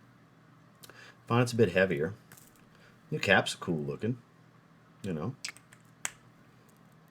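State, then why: Seated. A new-style plastic cap is fitted onto a fragrance bottle while someone talks, with a few light taps and clicks as it is handled. It snaps on with one sharp click at 6.0 seconds and is seated in place.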